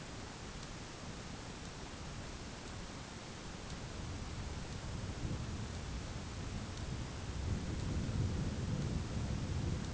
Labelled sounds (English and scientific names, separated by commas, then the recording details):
none
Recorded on Arctic tundra, site ZACK-1, on 11 June 2019
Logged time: 01:49